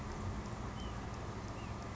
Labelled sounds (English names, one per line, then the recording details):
White-breasted Nuthatch
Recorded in Sonoma County, California